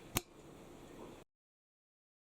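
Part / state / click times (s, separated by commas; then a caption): metal flange onto bench grinder shaft / seated / 0.2 s. A metal flange, number 2, is fitted onto the shaft of a bench grinder while a grinding wheel is being mounted. A single sharp metallic click at 0.2 s shows it seating into place, followed by a low steady background hum until the sound cuts off at about 1.2 s.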